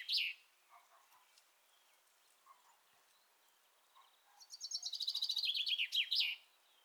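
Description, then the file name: Common chaffinch song: a brief note at the start, then a full descending trill of rapid notes closing with a flourish, against a soft background hiss. "Fringilla coelebs"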